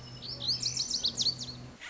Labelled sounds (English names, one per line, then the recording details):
Lazuli Bunting
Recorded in Sonoma County, California